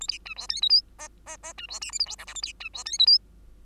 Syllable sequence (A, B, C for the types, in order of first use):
A B C D E F G H H H C D I J K L M N A B C D E F G